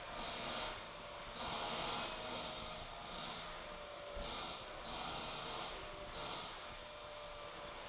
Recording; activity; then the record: daily activity, microphone in the room; vacuum cleaning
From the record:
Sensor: 5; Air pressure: 1009.7 hPa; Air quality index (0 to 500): 167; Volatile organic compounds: 4 ppm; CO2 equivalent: 1619 ppm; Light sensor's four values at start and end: 109/287/118/126 and 109/287/118/126